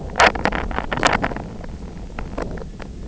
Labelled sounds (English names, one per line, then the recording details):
none
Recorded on Arctic tundra, site IGLO-F, on 24 June 2018
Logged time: 20:00